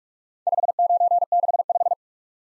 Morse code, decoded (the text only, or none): 5965